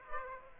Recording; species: mosquito wingbeat signal from an infrared sensor; Aedes aegypti